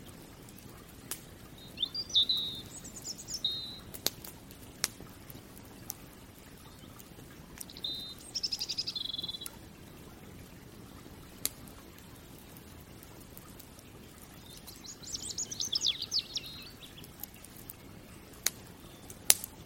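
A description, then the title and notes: Fireplace crackles snap sporadically over a low steady rumble, while bright bird chirps burst in three short flurries near the start, middle and end. Relaxing Fireplace & Nature Sounds.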